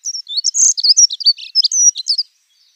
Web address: Schulze Peter Dunnock song